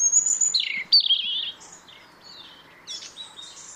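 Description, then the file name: European robin song: a high sustained whistle, then loud descending sweeping notes and a bright trill, followed by quieter high fragments. "Erithacus rubecula"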